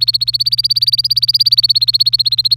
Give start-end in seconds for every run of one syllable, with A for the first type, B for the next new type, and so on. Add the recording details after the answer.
0.00-2.56 A. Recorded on 26 April 2018 at 16:21. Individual llb3